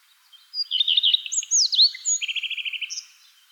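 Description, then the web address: Redstart song: a high opening note, quick jingling notes and swooping whistles, then a fast run of evenly repeated notes and a final high note. "animal-sound redstart-sound"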